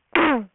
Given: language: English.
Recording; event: throat vibration sensor signal played as sound; throat clearing